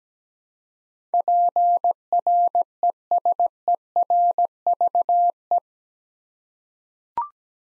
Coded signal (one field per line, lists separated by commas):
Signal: Morse code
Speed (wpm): 17 wpm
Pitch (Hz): 700 Hz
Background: none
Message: PRESERVE